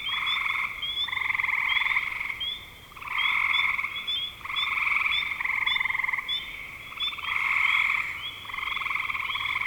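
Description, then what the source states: Frog chorus: bursts of rapid pulsed trilling swell and fade every second or two, while short high squeaky notes sparkle above. Frogs recorded in spring 2025.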